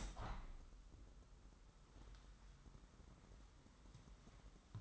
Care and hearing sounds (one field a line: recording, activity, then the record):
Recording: daily activity, microphone in the room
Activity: open window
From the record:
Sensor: 3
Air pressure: 998.1 hPa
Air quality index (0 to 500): 152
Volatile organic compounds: 5 ppm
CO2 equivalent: 1826 ppm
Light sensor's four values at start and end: 13/38/15/14 and 13/38/15/14